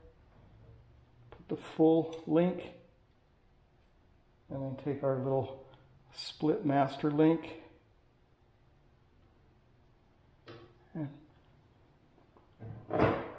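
Someone talks while handling the small split spring clip of a master link on the chain of a Craftsman garage door opener, picking it up and positioning it on the chain before pushing it home. Faint brief handling sounds appear around 1.3, 10.5 and 12.4 seconds between the talking. The clip has not clicked or seated yet.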